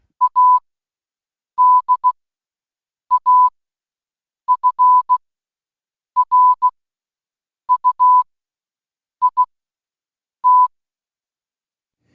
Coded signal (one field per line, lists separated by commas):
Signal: Morse code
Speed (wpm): 16 wpm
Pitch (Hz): 1000 Hz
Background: none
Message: A D A F R U I T